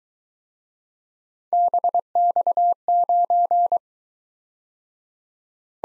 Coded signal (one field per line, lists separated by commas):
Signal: Morse code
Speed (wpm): 22 wpm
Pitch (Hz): 700 Hz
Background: none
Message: BX9